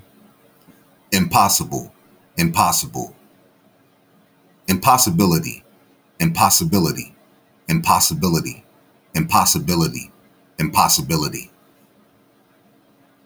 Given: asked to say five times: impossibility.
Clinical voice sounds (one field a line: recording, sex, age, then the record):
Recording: repeated word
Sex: male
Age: 40 to 49 years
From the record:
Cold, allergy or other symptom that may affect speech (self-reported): no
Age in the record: 45 years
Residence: Ohio, United States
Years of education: 13